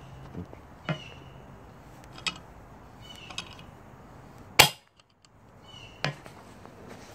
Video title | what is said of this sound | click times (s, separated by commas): Part 5 of engine rebuild on Nissan Altima cylinder head teardown | And you hear it pop | 4.6 s